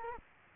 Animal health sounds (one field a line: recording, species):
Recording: mosquito wingbeat signal from an infrared sensor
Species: Culex quinquefasciatus